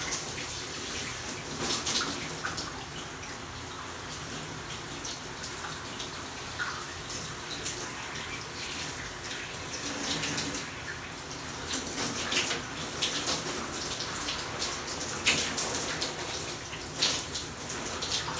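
Shower water pours steadily, a dense hissing spray that barely changes over the whole clip. Brighter splashes break through now and then, around two seconds and more often after ten, as the stream hits shoulders. A low, even rumble runs underneath.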